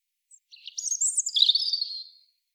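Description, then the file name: European robin song: one short, very high warbling phrase that climbs and then settles into a quick jittery trill. "Erithacus rubecula"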